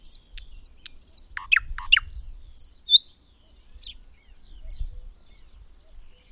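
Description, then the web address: Thrush nightingale song: a quick series of high sharp notes and falling sweeps, a brief whistle, then quieter scattered notes trailing off. "agykontroll Madardalok Cd 2. Nagy fülemüle"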